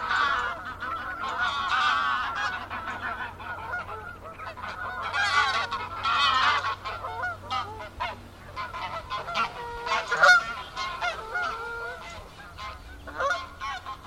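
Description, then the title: Goose flock honking continuously, many overlapping nasal calls building in loudness around the middle and peaking near ten seconds. Geese in gaggles in fields by the River Thame, England, UK, morning of 23 September 2023, excited by floodwater across the meadows. "Gaggles of geese, River Thame, England, UK on 23rd September 2023 – by Paul Ridout"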